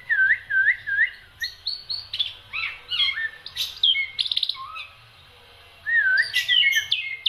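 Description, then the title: Black-winged myna song beginning with four looping whistled notes, followed by varied chirps, a brief buzzy rattle, a short pause, then more looping whistles. Dense, varied song of a prolific singer, used for training other songbirds (masteran). "Kicauan Rapat Jalak Putih Gacor Banyak Variasi Untuk Masteran"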